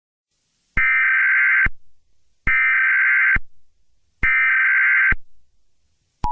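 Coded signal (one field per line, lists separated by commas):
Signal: Emergency Alert System (SAME) tones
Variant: header bursts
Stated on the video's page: EAS scenario, a fictional alert.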